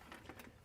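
A wiring harness connector is pushed onto the plastic plug of a power frunk strut on a Tesla Model Y during a 2023 Power Frunk V5 install. Sharp clicks sound at about 0.1 s and 0.3 s, followed by another short snap near 0.4 s, over a low background hum. The connector clicks in and is seated.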